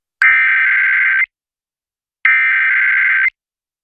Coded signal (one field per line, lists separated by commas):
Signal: Emergency Alert System (SAME) tones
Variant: header bursts